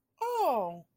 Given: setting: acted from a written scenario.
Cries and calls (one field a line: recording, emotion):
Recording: vocal sound without words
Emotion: realization